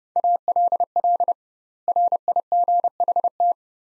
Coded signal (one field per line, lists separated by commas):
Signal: Morse code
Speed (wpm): 29 wpm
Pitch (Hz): 700 Hz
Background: none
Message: ALL RIGHT